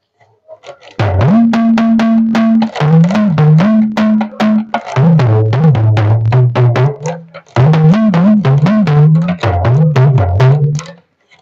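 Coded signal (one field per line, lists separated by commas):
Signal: talking drum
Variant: Yoruba dùndún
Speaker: again do me me me me me me me me me me do me me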